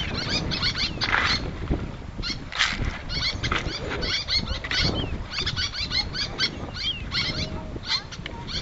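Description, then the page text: Little tern calling: a constant stream of sharp, scratchy kik notes, with a few thin slurred whistles and low rumbling noise underneath. "Albert Lastukhin - Малая крачка (Sterna albifrons)"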